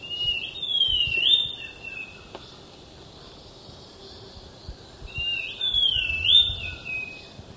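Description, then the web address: Thrush-like schiffornis whistling the same slurred phrase twice, about five seconds apart, each note sliding up, dipping, then rising, with light background noise. Recorded in Ecuador. "Birds of Ecuador. Thrush-Like Schiffornis"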